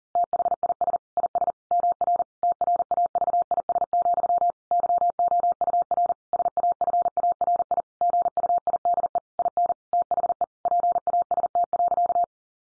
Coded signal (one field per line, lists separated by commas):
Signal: Morse code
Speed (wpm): 40 wpm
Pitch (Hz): 700 Hz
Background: none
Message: THIS IS MR TRAVIS, YOUR SAFARI GUIDE IN THE PAST.